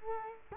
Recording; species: mosquito wingbeat signal from an infrared sensor; Culex quinquefasciatus